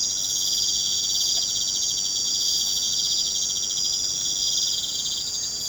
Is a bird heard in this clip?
no